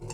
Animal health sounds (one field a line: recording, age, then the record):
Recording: pig call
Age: weaner (32 to 43 days)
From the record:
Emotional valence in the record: negative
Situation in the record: long isolation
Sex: female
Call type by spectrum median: low-frequency call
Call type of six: high-frequency modulated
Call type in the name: high-frequency modulated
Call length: 0.13 s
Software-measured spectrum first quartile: 245 Hz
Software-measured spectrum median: 991 Hz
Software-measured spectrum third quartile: 6049 Hz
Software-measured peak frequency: 127 Hz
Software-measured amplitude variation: 103 dB a second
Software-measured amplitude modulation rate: 18.6 a second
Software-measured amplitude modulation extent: 5.6 dB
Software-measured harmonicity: 5.7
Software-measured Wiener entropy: -4.39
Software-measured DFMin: 573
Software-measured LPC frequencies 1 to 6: 340, 916, 1969, 2710, 4571, 5501 Hz